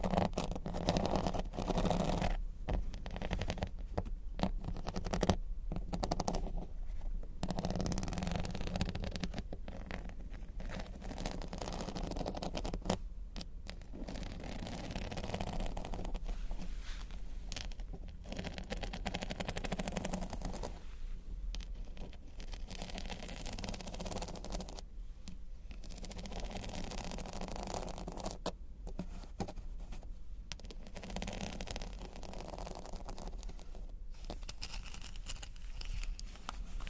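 Crystals and beads are tapped and scratched against one another in a continuous, dense clatter. Small clicks and scrapes pile up with short dips and bursts every few seconds, over a steady low rumble that runs under the whole recording.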